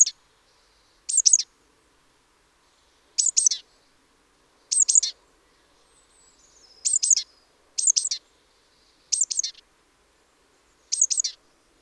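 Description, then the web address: Great tit giving crisp paired high notes at irregular intervals; a faint thin call is heard around the middle. "SETE Parus major"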